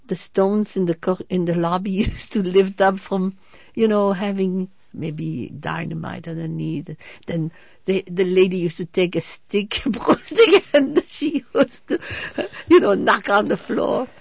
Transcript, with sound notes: The stones in the cour—in the lobby used to lift up from, you know, having maybe dynamite underneath. And the lady used to take a stick... ( she laughs ) And she used to, you know, knock on the floor.